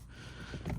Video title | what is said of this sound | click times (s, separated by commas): Installing New amg steering wheel on 09 w204 c300 | right once you clip in the airbag the airbag would just snap right in there | 0.7 s